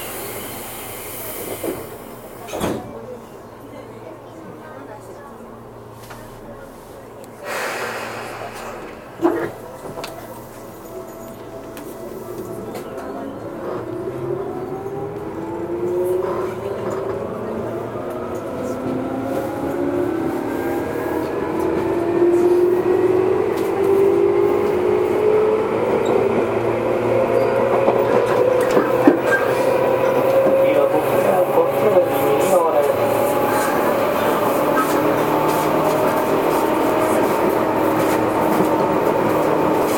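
Running sound from inside a Tobu 20000 series local train. A few sharp clunks land in the first ten seconds over a low steady rumble. From about twelve seconds, motor whine climbs steadily in pitch as the train picks up speed and the ride grows louder.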